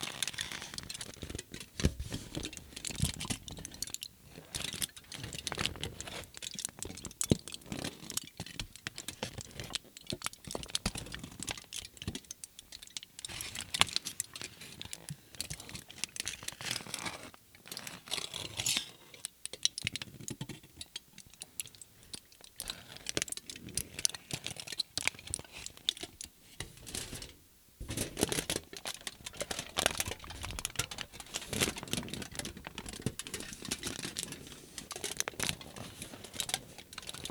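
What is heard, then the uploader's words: Aluminum foil crinkles and pops in dense, irregular bursts of sharp bright crackles, continuous throughout with brief quieter gaps around 17 and 27 seconds. The Crinkle and Pops of Aluminum Foil.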